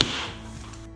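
A tubeless tire on a kids' bike is inflated until its bead snaps into the rim's bead seat with one loud, sharp pop at 0.0 s. A ringing tail follows and fades over about a second. The bead is seated.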